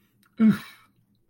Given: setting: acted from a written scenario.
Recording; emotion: vocal sound without words; disgust